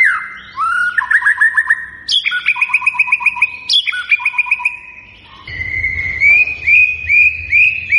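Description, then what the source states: White-rumped shama song: rich whistled phrases with rapid repeated notes, phrases starting with a high sweep, then a run of repeated whistles. Lure recording of a vigorously singing white-rumped shama, meant to make birds respond.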